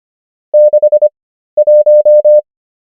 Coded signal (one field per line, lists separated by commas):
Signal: Morse code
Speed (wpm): 25 wpm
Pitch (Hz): 600 Hz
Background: none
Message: 61